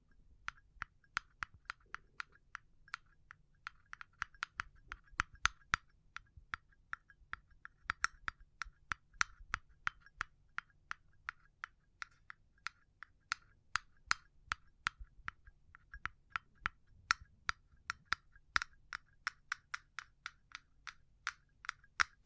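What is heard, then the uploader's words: Sharp, crisp taps land in quick clusters and slower gaps, irregular in pace, with each click bright and a faint low hum beneath. ASMR Pure Tapping Fast and Slow (No Talking).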